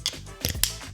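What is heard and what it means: The sections of a folding trekking pole, stored as separate pieces, are assembled by fitting each section into the adjoining one. Sharp clicks are heard at 0.1 s, 0.5 s and 0.6 s as the sections snap into place in quick succession. The pole is fully seated and locked together.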